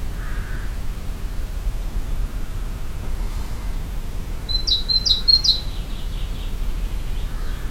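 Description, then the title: Bird call: a quick run of three or four high, sharp chirps midway through, with faint lower notes at the start and end over a steady low rumble. Bird calling in a forest in Estonia. "来自爱沙尼亚丛林里的鸟叫"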